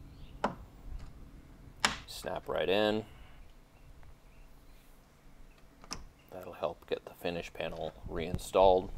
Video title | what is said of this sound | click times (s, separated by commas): Mabett grill lights for the Bronco (Badlands) install | go ahead and put all those push pins back in snap | 0.4 s, 1.8 s